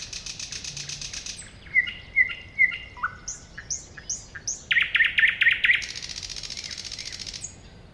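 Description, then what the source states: Thrush nightingale song: buzzy rattle, whistled phrases repeated three times, a series of rising chirps, then a quick run of loud clicks and a hissing rattle. Recorded at a woodland edge next to a lake.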